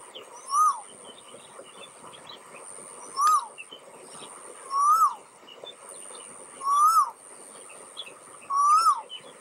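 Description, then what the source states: Asian Koel calls: five ringing notes, each rising then dropping, about every two seconds, over high thin chirps and a steady high tone. In China named after the call's sound; call starts soft and low, growing louder, higher and more ringing.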